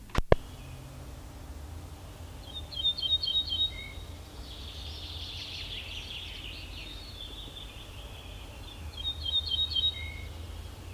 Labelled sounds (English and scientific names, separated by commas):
Ortolan Bunting (Emberiza hortulana) song